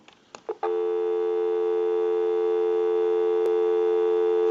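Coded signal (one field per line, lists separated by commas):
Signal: telephone call progress tone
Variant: North America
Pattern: dial tone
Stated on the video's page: North Electric Ericofon rotary dial telephone undergoing initial checkout and repair.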